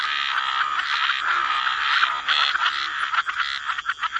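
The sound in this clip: A dense frog chorus, nearly unbroken rasping and croaking, growing choppier toward the end as separate buzzy calls stand out.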